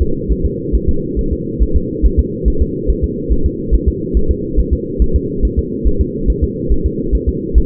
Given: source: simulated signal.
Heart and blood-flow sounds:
fetal heart sounds
0.02 s: S2
0.32 s: S1
0.45 s: S2
0.75 s: S1
0.89 s: S2
1.19 s: S1
1.33 s: S2
1.63 s: S1
1.76 s: S2
2.06 s: S1
2.19 s: S2
2.48 s: S1
2.62 s: S2
2.90 s: S1
3.04 s: S2
3.32 s: S1
3.46 s: S2
3.75 s: S1
3.88 s: S2
4.17 s: S1
4.31 s: S2
4.60 s: S1
4.73 s: S2
5.02 s: S1
5.16 s: S2
5.45 s: S1
5.59 s: S2
5.87 s: S1
6.01 s: S2
6.30 s: S1
6.44 s: S2
6.72 s: S1
6.86 s: S2
7.15 s: S1
7.29 s: S2
7.58 s: S1
From the record:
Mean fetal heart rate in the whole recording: 140 bpm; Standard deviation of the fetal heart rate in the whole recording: 2 bpm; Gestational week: 34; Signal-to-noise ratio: -8.1 dB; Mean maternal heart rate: 72 bpm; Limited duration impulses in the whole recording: absent

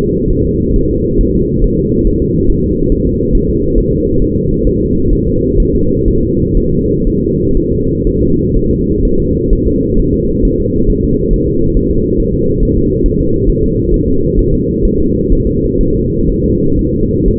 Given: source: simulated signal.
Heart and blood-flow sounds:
fetal heart sounds
0.31 s: S1
0.45 s: S2
0.76 s: S1
0.91 s: S2
1.21 s: S1
1.36 s: S2
1.64 s: S1
1.79 s: S2
2.07 s: S1
2.22 s: S2
2.50 s: S1
2.64 s: S2
2.92 s: S1
3.07 s: S2
3.35 s: S1
3.50 s: S2
3.78 s: S1
3.93 s: S2
4.22 s: S1
4.37 s: S2
4.67 s: S1
4.81 s: S2
5.13 s: S1
5.28 s: S2
5.60 s: S1
5.75 s: S2
6.08 s: S1
6.23 s: S2
6.57 s: S1
6.72 s: S2
7.07 s: S1
7.22 s: S2
7.57 s: S1
7.72 s: S2
8.07 s: S1
8.22 s: S2
8.56 s: S1
8.71 s: S2
9.05 s: S1
9.20 s: S2
9.53 s: S1
9.68 s: S2
10.00 s: S1
10.14 s: S2
10.45 s: S1
10.60 s: S2
10.90 s: S1
11.04 s: S2
11.34 s: S1
11.48 s: S2
11.77 s: S1
11.91 s: S2
12.20 s: S1
12.34 s: S2
12.63 s: S1
12.77 s: S2
13.06 s: S1
13.21 s: S2
13.50 s: S1
13.64 s: S2
13.94 s: S1
14.09 s: S2
14.39 s: S1
14.54 s: S2
14.85 s: S1
15.00 s: S2
15.32 s: S1
15.47 s: S2
15.81 s: S1
15.95 s: S2
16.30 s: S1
16.44 s: S2
16.79 s: S1
16.94 s: S2
17.28 s: S1
From the record:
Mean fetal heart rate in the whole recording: 130 bpm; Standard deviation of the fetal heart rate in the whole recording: 4 bpm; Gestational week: 38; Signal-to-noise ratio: -15.3 dB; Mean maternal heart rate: 72 bpm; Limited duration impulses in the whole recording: present

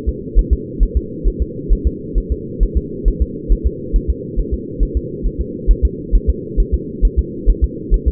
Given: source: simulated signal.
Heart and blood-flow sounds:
fetal heart sounds
0.09 s: S2
0.39 s: S1
0.53 s: S2
0.83 s: S1
0.97 s: S2
1.28 s: S1
1.42 s: S2
1.73 s: S1
1.87 s: S2
2.18 s: S1
2.32 s: S2
2.63 s: S1
2.77 s: S2
3.08 s: S1
3.22 s: S2
3.52 s: S1
3.67 s: S2
3.96 s: S1
4.10 s: S2
4.39 s: S1
4.54 s: S2
4.83 s: S1
4.97 s: S2
5.27 s: S1
5.41 s: S2
5.71 s: S1
5.85 s: S2
6.15 s: S1
6.30 s: S2
6.60 s: S1
6.74 s: S2
7.05 s: S1
7.19 s: S2
7.50 s: S1
7.64 s: S2
7.94 s: S1
8.08 s: S2
From the record:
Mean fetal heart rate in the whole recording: 135 bpm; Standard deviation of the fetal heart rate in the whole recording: 3 bpm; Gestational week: 36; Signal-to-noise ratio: -4.1 dB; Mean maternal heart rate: no maternal heart sound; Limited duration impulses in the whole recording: absent

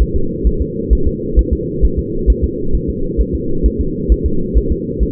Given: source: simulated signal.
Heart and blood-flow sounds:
fetal heart sounds
0.02 s: S1
0.16 s: S2
0.47 s: S1
0.61 s: S2
0.93 s: S1
1.07 s: S2
1.39 s: S1
1.53 s: S2
1.85 s: S1
1.99 s: S2
2.30 s: S1
2.44 s: S2
2.75 s: S1
2.89 s: S2
3.21 s: S1
3.35 s: S2
3.66 s: S1
3.81 s: S2
4.12 s: S1
4.26 s: S2
4.57 s: S1
4.72 s: S2
5.03 s: S1
From the record:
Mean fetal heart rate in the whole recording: 135 bpm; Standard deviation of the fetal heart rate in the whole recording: 3 bpm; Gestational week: 34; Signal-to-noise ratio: -8.1 dB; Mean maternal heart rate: 72 bpm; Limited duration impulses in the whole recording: absent

